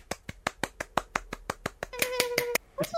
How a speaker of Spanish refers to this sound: ¡Aplausos!